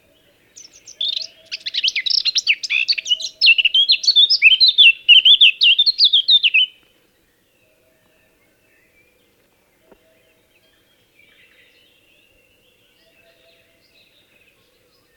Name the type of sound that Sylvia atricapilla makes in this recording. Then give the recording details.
song. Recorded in the wild. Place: Dumbraveni, Transilvania, RO. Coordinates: 46.23, 24.575. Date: 1976-06-05. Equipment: Nagra III BH, Sennheiser MD 21, parabola. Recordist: Schubert, Michael. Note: Gesang Mönchsgramücke